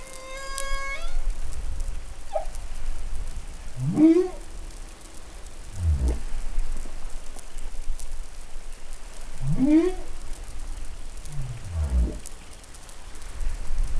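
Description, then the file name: Humpback whale song: a high harmonic tone, then rising whoops alternating with falling low grunts, the pair repeated, over crackly underwater noise. Recorded in New Caledonia, Pacific, on 20 July 2013. "Baleinea Bosse Nouvelle Caledonie 20130720 Glotin"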